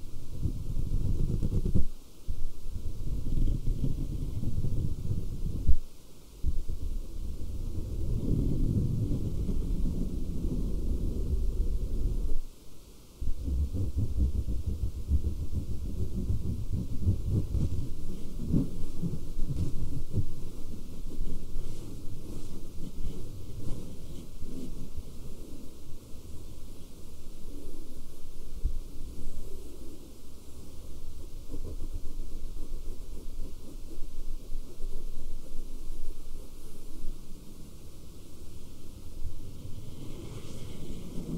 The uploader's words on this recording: ASMR SCRATCHING FABRIC NO TALKING, FABRIC SOUNDS, AGGRESSIVE FABRIC SCRATCHING ASMR.